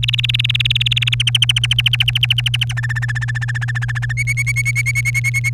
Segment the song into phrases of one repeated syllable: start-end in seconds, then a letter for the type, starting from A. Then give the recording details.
0.00-1.14 A, 1.20-2.73 B, 2.77-4.13 C, 4.17-5.50 D. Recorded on 1 May 2018 at 13:00. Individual llb3